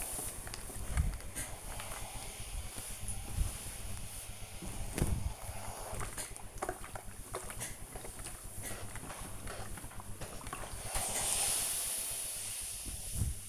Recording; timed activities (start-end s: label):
household activities, microphone on the right wrist
0.00-13.49 s: ironing laundry